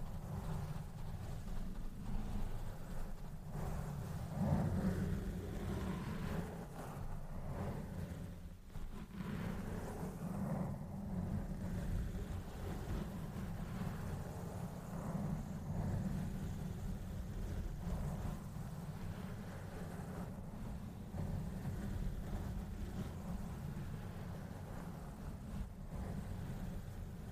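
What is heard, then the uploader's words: A storm rolls in as a deep, steady rumble that fills the low end for the whole stretch, like thunder or heavy wind. Gusty swells and brief scratchy bursts come and go above it, especially around five and ten seconds, with no clear quiet gaps. Fading In and Out | Assorted Triggers. Tonight, I do some fun, basic triggers as a storm rolls in.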